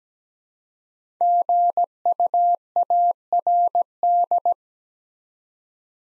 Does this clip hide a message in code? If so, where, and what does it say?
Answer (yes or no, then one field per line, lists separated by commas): yes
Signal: Morse code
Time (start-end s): 1.2-4.5 s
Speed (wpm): 17 wpm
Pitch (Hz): 700 Hz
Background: none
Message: GUARD